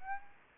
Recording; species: mosquito wingbeat signal from an infrared sensor; Aedes aegypti